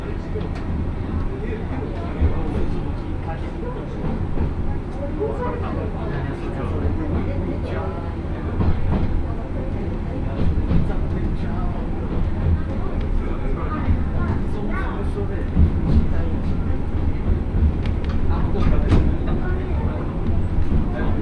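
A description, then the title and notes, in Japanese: Inside a crowded single-car rail bus, many passengers chatter at once, children and teenagers among them, in a steady, dense murmur. Beneath the voices runs a constant low rumble of the moving railcar, with occasional brief clicks and knocks from the wheels. 明知鉄道 明智→恵那。１両のレールバスは子供連れや高校生もいるなど一杯で予想外のにぎわいでした。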